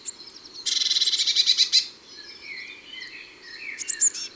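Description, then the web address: Blue tit singing a quick high trill of about a second, followed by softer scattered chirps and a brief closing phrase. January recording. "Janvier La Mesange bleue. les-4-saisons-des-chants-doiseaux"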